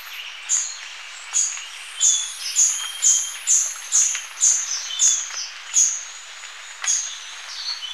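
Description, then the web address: Scaly-throated foliage-gleaner uttering a run of sharp high chips about twice a second, slightly uneven, while softer bird notes twitter in the background. Ecuador. "Natures Songs S America Birds of Ecuador Scaly-throated Foliage-gleaner"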